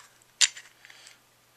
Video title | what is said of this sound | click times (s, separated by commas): Glock 32 | have to pull it back until you can feel it click, | 0.4 s